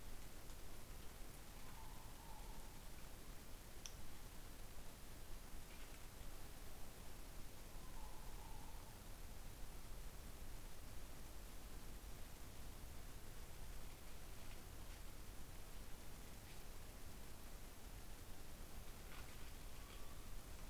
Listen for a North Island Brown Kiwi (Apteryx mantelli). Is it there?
no